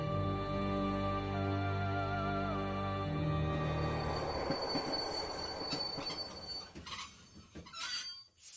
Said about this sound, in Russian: Стук колес оборвался внезапно. После почти двух суток непрерывного гипнотического перестука наступившая тишина была почти блаженной усладой для ушей.